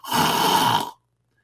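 An adult imitates a snore made through the mouth: a single rough, noisy breath of about one second. With the mouth closed, snoring through the mouth is not possible.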